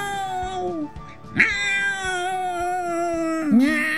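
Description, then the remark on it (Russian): A human voice imitates a cat with long, wavering meows, the pitch sliding upward at the start of each cry and holding a drawn-out, plaintive tone, with no other talking. “Мастер Виноградинка не стал ему и отвечать, а так мастерски замяукал, что армия мышей остановилась.”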